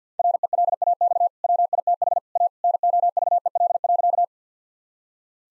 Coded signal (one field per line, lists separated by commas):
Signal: Morse code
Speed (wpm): 50 wpm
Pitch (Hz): 700 Hz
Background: none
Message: RELAX WITH A NOVEL.